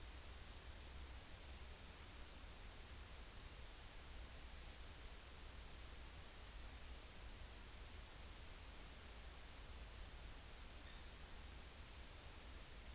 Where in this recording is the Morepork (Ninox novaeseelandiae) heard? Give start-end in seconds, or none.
none